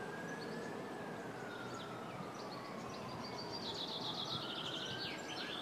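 Bird song: scattered high chips, then a fast, slightly descending trilled phrase near the end, over steady background noise and a long wavering tone.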